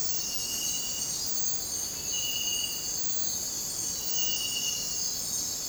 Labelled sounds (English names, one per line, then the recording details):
none
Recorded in dense forest near Puerto Asís, Putumayo, Colombia, on 21 December 2024 at 03:30
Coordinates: 0.466, -76.327
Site G075